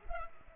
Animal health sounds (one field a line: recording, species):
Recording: mosquito wingbeat signal from an infrared sensor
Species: Culex pipiens